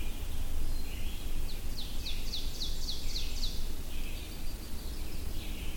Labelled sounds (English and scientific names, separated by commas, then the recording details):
Ovenbird (Seiurus aurocapilla) song
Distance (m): 60 m
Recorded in boreal forest in Alberta, Canada, on 22 June 2016 at 08:58
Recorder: SongMeter 3, array SBT-6-76
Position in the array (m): 146 m, 113 m
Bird 3